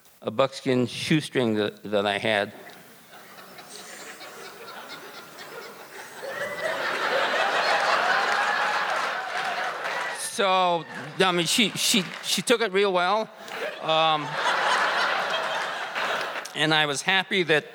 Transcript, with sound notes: a buckskin shoestring that I had. [Laughter] So, I mean she took it real well. [Laughter] And I was happy that